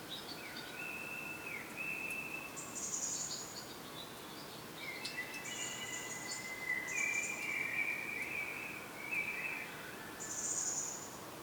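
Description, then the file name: European robin singing thin, high whistled phrases that shift in pitch, with short pauses between them, over a steady hiss of background noise. "Erithacus rubecula"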